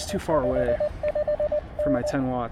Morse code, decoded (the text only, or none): 55N